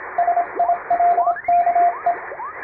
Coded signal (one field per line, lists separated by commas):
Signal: Morse code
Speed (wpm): 27 wpm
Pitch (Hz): 700 Hz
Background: radio noise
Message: SILKE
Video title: 毎日聴けるモールスチャンネル！アマチュア無線のＣＷトレーニングに！YouTubeの再生速度を調整して聴きやすい速度から始めよう(morse code practice radio operator )